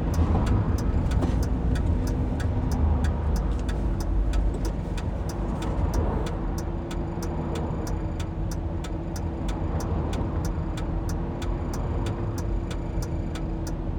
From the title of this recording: Afternoon drive and a car wash in Phoenix Arizona